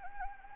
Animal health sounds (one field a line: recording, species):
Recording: mosquito wingbeat signal from an infrared sensor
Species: Anopheles gambiae